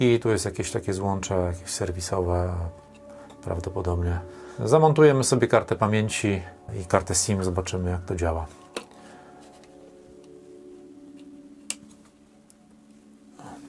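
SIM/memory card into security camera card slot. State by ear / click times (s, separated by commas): seated / 11.7 s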